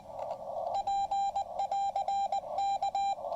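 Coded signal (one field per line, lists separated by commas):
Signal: Morse code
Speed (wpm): 19 wpm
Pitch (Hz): 790 Hz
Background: radio noise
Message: P <AR> K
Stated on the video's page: POTA activation at Lake Norman using a Xiegu X5105 running on its internal battery.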